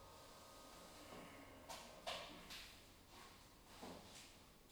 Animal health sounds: poultry house recording; no chicken sound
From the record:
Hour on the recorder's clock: 16

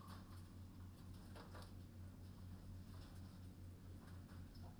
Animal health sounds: poultry house recording; healthy chickens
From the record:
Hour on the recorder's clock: 21

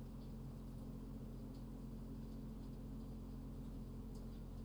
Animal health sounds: poultry house recording; no chicken sound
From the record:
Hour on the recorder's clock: 0

